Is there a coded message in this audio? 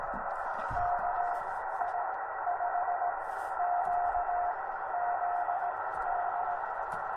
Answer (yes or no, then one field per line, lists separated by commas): yes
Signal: Morse code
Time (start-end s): 0.8-6.6 s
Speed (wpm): 18 wpm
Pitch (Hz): 710 Hz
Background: none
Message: KI5QZD